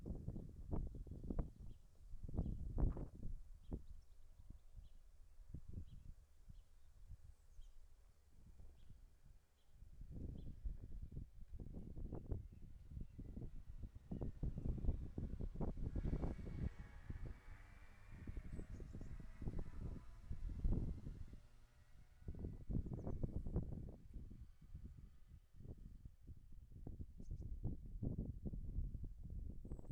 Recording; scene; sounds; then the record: everyday scene through a hearing-aid microphone; wind on the microphone; wind, vehicle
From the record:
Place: in front of a rural house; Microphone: behind the ear, left, front